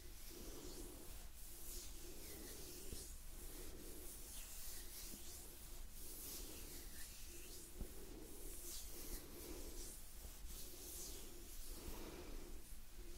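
Gentle hand sounds: soft, steady rubbing and brushing strokes that swell and fade in a slow, regular rhythm, roughly every second or two. A low, hollow hum sits underneath, with light taps scattered through the thirteen seconds.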